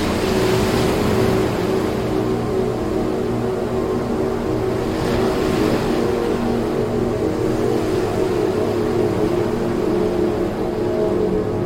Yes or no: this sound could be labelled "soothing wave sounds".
yes